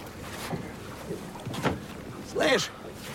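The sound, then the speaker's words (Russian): A motorboat engine drones steadily over the sea, with wind and water noise filling the background while a few short voice bursts rise above it. “Но в море моторная лодка.”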